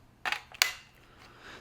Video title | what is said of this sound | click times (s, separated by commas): Is the AIRROBO Dog Grooming Vacuum Kit Worth It? 12000Pa Pet Grooming Review | it basically is just going to snap into place like that. | 0.6 s